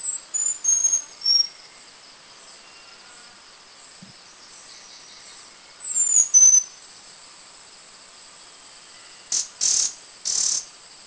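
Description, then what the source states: Small niltava singing very high, thin whistled notes in short phrases, then a quick burst of three buzzy chattering notes near the end, with quiet pauses between. Song and chatter, recorded in Mishmi, India.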